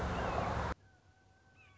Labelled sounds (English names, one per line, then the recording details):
Red-shouldered Hawk
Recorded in Sonoma County, California